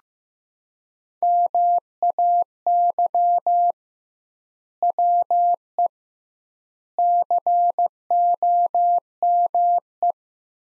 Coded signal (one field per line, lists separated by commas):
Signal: Morse code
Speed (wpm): 15 wpm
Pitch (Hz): 700 Hz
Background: none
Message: MAY WE COME